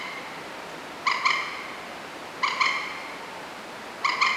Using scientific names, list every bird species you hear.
Gallinula chloropus